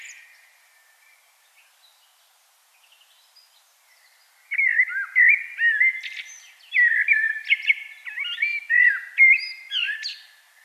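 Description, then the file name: Common blackbird song: after about four quiet seconds, a run of low fluted warbling phrases with sharp high twittering notes mixed in. "Turdus merula"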